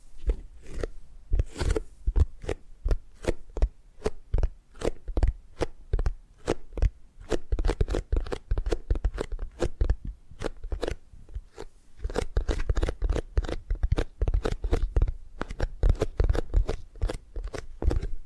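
Tapping and gripping sounds come as a quick run of sharp, crisp taps, about two or three per second, with a dry crunchy edge. The pace stays fairly even across the whole stretch, with a few brief rustling scrapes between hits and a steady low thud underneath.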